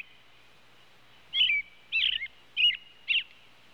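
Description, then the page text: Robin calls: four brief, warbling high notes spaced about half a second apart, after a short silent start. "Robin Bird Calls. Quick Sounds"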